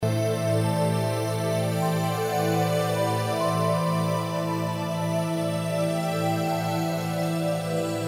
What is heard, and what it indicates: Sound oasis tinnitus therapy 1 1k 10k drthompson.